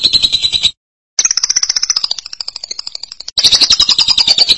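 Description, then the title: Lovebird giving bursts of shrill, scratchy chattering with quick pulses, the middle stretch shifting and varying in pitch before a dense, loud final burst. "BM Suara Burung Lovebird"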